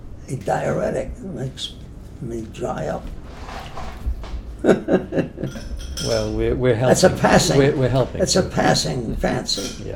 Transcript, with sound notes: a diuretic. Makes me dry up. [laughs]
Well, we’re, we’re helping—
That’s a passing—
We’re helping.
That’s a passing fancy.
Yeah.